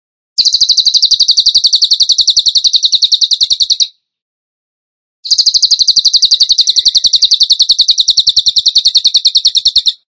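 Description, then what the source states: Bird song in two long bursts of rapid, high, evenly repeated notes separated by a pause of about a second. Songbird training song (masteran), in the gacor tembakan style.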